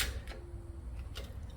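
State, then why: Not seated. A ratchet strap buckle is worked with another lever stroke, its spring-loaded pawl moving toward the next cam tooth to advance the strap one click tighter. Faint handling sounds and short broadband rustles are heard over a low steady hum, with the sharpest transient around 1.2 s. The strap is being handled, and nothing has seated or clicked home yet.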